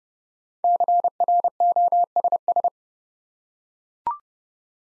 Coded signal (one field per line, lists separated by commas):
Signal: Morse code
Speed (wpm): 29 wpm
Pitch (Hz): 700 Hz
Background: none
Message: CROSS